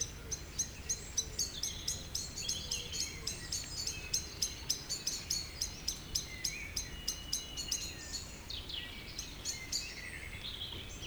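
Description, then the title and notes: Birds singing in the evening, a rapid run of high, even chirps repeated several times a second, with other thin whistles and a steady low background hum. Village birds singing in Tregastel, Pleumeur-Bodou, France, April 2019, around 8 pm, humid weather; recorded with an ORTF pair of MKH 8040 microphones on a Zoom H5 recorder. "Tregastel bourg, 22560 Pleumeur-Bodou, France - Evening village birds. Vers 20hr. Temps humide. présences de volatiles qui font des bruits. Around 8 pm. Humid weather. birds sings. April 2019"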